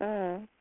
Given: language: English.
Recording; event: throat vibration sensor signal played as sound; speech